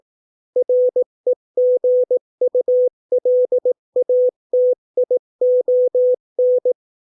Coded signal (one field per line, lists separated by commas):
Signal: Morse code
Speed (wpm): 18 wpm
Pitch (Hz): 500 Hz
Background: none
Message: REGULATION